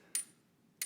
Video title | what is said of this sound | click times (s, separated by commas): Teeter FitSpine X3 Inversion Table w/FlexTech Bed 10Ye... | It's cushy, and it's a double lock system, by the way. That's the lock you hear. | 0.2 s, 0.8 s